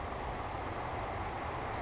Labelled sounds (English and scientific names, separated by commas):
Savannah Sparrow (Passerculus sandwichensis)